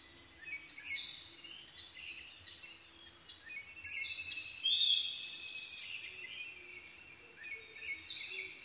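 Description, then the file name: Blue-and-white flycatcher song: a louder whistled phrase in the middle, with quieter high notes before and after. Recorded 22 May 2011 at 04:34. "ooruri-20110522-0434"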